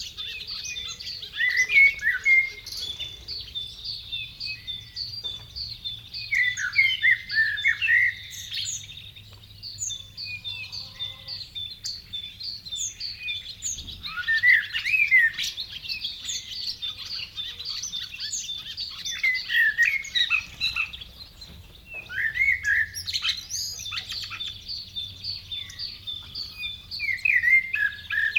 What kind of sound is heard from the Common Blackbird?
song